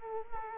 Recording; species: mosquito wingbeat signal from an infrared sensor; Culex quinquefasciatus